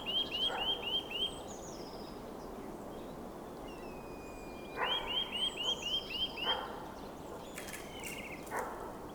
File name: Sitta europaea